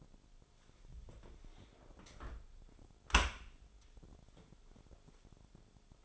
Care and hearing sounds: daily activity, microphone in the room; close dishwasher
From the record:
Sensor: 5

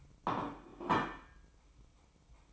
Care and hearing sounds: daily activity, microphone in the room; place plate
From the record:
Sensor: 1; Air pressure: 1007.5 hPa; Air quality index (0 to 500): 76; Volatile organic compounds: 1 ppm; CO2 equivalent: 663 ppm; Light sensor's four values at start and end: 7/18/7/8 and 7/18/7/8

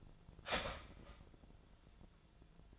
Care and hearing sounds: daily activity, microphone in the room; start toaster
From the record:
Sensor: 5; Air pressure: 1009.4 hPa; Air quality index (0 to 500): 167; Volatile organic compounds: 4 ppm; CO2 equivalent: 1616 ppm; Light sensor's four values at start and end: 84/225/90/94 and 71/195/77/78

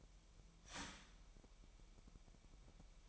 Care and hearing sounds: daily activity, microphone in the room; start toaster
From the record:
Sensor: 1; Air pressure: 1002.0 hPa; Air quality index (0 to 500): 241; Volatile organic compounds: 46 ppm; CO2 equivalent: 3237 ppm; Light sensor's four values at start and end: 10/34/12/14 and 10/34/12/14

